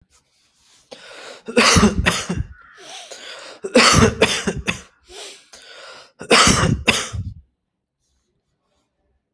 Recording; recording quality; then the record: heavy voluntary cough; excellent, no background noise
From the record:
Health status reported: healthy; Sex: male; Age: 33 years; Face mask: not worn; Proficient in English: yes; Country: India